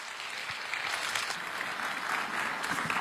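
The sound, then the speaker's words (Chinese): Steady applause from an audience welcoming xiangsheng performers Li Jindou and Li Jianhua, who are to perform the crosstalk piece 'Hong Deng Ji' as the final act of an evening show: a dense continuous patter of many hands clapping at an even loudness throughout, with no voices standing out. “我为大家请出的是深受观众朋友熟悉和喜爱的两位表演艺术家，李金斗先生、李建华先生，为我们带来相声《红灯记》，掌声欢迎两位老师。”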